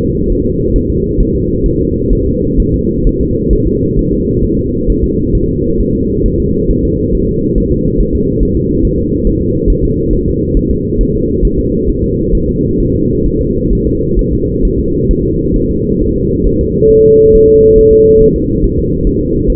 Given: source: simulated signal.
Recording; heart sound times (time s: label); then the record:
fetal heart sounds
0.04 s: S2
0.32 s: S1
0.47 s: S2
0.76 s: S1
0.90 s: S2
1.20 s: S1
1.35 s: S2
1.66 s: S1
1.80 s: S2
2.13 s: S1
2.27 s: S2
2.60 s: S1
2.74 s: S2
3.07 s: S1
3.21 s: S2
3.53 s: S1
3.67 s: S2
3.99 s: S1
4.13 s: S2
4.44 s: S1
4.59 s: S2
4.90 s: S1
5.04 s: S2
5.35 s: S1
5.49 s: S2
5.80 s: S1
5.95 s: S2
6.26 s: S1
6.40 s: S2
6.71 s: S1
6.85 s: S2
7.15 s: S1
7.29 s: S2
7.58 s: S1
7.72 s: S2
8.00 s: S1
8.15 s: S2
8.43 s: S1
8.57 s: S2
8.85 s: S1
8.99 s: S2
9.27 s: S1
9.42 s: S2
9.70 s: S1
9.84 s: S2
10.13 s: S1
10.28 s: S2
10.57 s: S1
10.71 s: S2
11.01 s: S1
11.15 s: S2
11.45 s: S1
11.59 s: S2
11.90 s: S1
12.04 s: S2
12.35 s: S1
12.49 s: S2
12.80 s: S1
12.95 s: S2
13.26 s: S1
13.41 s: S2
13.73 s: S1
13.87 s: S2
14.19 s: S1
14.33 s: S2
14.65 s: S1
14.79 s: S2
15.11 s: S1
15.25 s: S2
15.56 s: S1
15.71 s: S2
16.02 s: S1
16.16 s: S2
16.47 s: S1
16.61 s: S2
16.91 s: S1
17.05 s: S2
17.35 s: S1
17.50 s: S2
17.79 s: S1
17.93 s: S2
18.22 s: S1
18.36 s: S2
18.64 s: S1
18.79 s: S2
19.07 s: S1
19.21 s: S2
19.50 s: S1
From the record:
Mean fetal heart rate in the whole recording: 135 bpm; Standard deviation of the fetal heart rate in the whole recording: 3 bpm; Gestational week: 36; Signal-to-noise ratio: -14.7 dB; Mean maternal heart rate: 72 bpm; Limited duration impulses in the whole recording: present